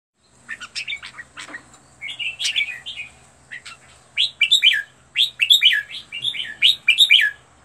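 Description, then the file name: Red-whiskered bulbul song: softer opening notes build into a run of bright, repeated whistled notes, over a faint steady hum. Song used for training birds to sing; 15 standard song styles. "tieng-luyen-giong-chao-mao-hot-15-giong-chuan"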